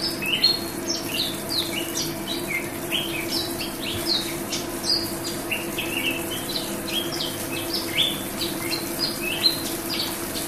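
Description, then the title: Oriental magpie-robin delivering a dense, continuous song of varied sharp whistles and chirps in quick succession, over a steady electrical-sounding hum. "Kicau Kacer"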